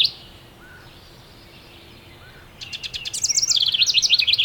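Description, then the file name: House wren song: a single fast, jumbled burst of high trilled and chattering notes begins midway, after a quiet stretch with faint background noise. "Troglodytes aedon - House Wren"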